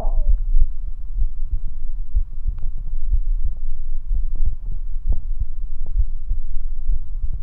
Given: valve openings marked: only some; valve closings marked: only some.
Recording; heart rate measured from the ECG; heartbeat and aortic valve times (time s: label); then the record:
heart sounds by stethoscope; 63 bpm
0.30 s: heartbeat (ECG mark)
0.37 s: aortic valve opens (echo mark)
0.62 s: aortic valve closes (echo mark)
1.20 s: heartbeat (ECG mark)
1.28 s: aortic valve opens (echo mark)
2.17 s: heartbeat (ECG mark)
2.25 s: aortic valve opens (echo mark)
3.13 s: heartbeat (ECG mark)
3.21 s: aortic valve opens (echo mark)
3.46 s: aortic valve closes (echo mark)
4.14 s: heartbeat (ECG mark)
4.22 s: aortic valve opens (echo mark)
5.10 s: heartbeat (ECG mark)
5.17 s: aortic valve opens (echo mark)
5.99 s: heartbeat (ECG mark)
6.06 s: aortic valve opens (echo mark)
6.91 s: heartbeat (ECG mark)
From the record:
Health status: healthy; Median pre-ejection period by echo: 76 ms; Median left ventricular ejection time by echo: 251 ms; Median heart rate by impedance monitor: 63 bpm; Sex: male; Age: 29 years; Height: 170 cm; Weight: 92 kg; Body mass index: 31.83